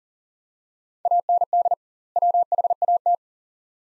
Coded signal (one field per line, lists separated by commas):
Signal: Morse code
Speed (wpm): 40 wpm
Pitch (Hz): 700 Hz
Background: none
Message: AND WHAT